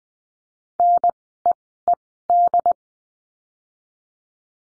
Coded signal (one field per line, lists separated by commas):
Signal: Morse code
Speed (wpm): 20 wpm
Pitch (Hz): 700 Hz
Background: none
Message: NEED